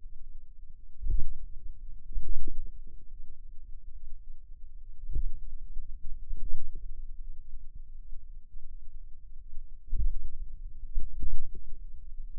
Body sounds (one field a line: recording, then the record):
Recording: forearm muscle sounds (acoustic myography)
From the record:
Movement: finger pinch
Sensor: system 2, bracelet of six BSWA MPA416 microphones around the upper forearm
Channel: 5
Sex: female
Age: 23 years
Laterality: right